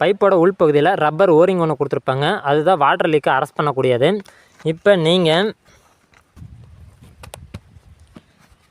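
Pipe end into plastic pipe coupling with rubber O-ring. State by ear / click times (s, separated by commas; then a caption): not seated / none. A man talks about a short piece of subsidy irrigation pipe and a plastic pipe coupling with a rubber O-ring inside. After the talking, from about 6.4 s there is low handling noise with sharp ticks near 7.2, 7.3 and 7.6 s. The pipe end has not yet locked into the O-ring, and nothing has seated or clicked yet.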